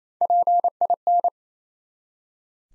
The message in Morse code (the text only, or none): PIN